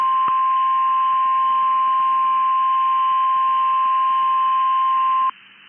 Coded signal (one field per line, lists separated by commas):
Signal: Emergency Alert System (SAME) tones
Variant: 1050 Hz attention tone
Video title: 1/4/22 First BOX RWT Of 2023!! EAS#303